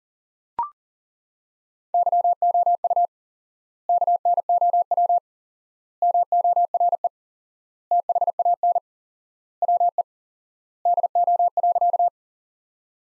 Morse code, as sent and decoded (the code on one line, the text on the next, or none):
-.-- --- ..- / -.- -. --- .-- / -- --- .-. . / - .... .- -. / .-- . / -.. --- .-.-.-
YOU KNOW MORE THAN WE DO.